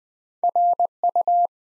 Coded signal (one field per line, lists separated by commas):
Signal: Morse code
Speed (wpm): 20 wpm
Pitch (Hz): 700 Hz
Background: none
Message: RU